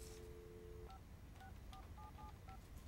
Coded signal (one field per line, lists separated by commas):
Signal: DTMF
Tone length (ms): 100 ms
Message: 564775